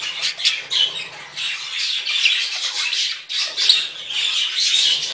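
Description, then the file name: Parakeets in a flock giving continuous shrill, grating chatter, overlapping squawks rising and falling in loudness over a few seconds. A flock of parakeets calling together. "suara parkit rombongan. omkicau"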